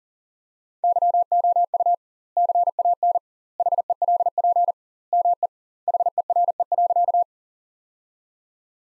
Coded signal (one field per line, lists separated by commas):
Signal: Morse code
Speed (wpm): 37 wpm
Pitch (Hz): 700 Hz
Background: none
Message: YOU CAN HELP ME HERE.